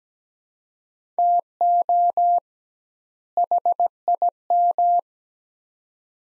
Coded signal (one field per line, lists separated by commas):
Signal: Morse code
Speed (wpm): 17 wpm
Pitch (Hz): 700 Hz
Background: none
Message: TO HIM